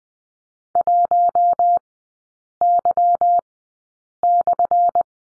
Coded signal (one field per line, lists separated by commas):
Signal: Morse code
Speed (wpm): 20 wpm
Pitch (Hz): 700 Hz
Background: none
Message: 1Y/